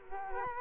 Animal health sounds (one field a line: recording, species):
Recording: mosquito wingbeat signal from an infrared sensor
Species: Culex quinquefasciatus